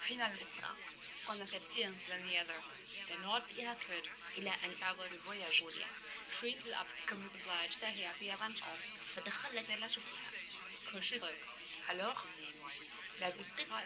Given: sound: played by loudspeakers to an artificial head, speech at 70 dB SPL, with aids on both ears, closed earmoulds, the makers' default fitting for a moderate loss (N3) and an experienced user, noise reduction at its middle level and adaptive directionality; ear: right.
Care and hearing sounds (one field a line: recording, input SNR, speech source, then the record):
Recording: speech test signal (ISTS) in cocktail-party noise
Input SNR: +3 dB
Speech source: on the right (90 degrees)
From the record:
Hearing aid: class 2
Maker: F